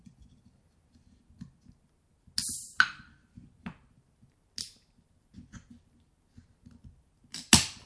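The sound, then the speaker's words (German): A second can of pils beer is cracked open with a sharp metallic snap and a short burst of fizzing hiss, surrounded by soft clicks and handling noises, with no talking. “Und erstmal mache ich die zweite Pilzdose auf, die ich hier noch rumstehen habe.”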